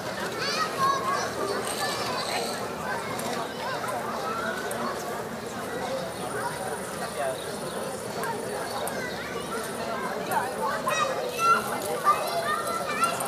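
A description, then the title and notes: A playground on a summer evening: a steady crowd of children's voices chattering and calling, with brief brighter shouts around twelve seconds. Audio Journeys of Berlin: Summer Evening Joy and Child Play. Step into a blissful summer evening in Berlin with this immersive audio journey. Begin at the joyful hum of a children's playground.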